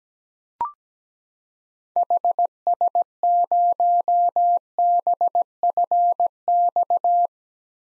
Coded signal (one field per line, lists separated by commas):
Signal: Morse code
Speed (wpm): 17 wpm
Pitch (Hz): 700 Hz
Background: none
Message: HS0BFX